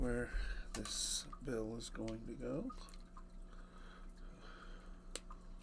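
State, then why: Seated. Someone talks at the start, then there are quieter handling sounds as a plastic diving bill (lip) is pushed into the slot of a handmade wooden or resin fishing lure body. A sharp click at 5.2 s marks the bill snapping into the slot and seating.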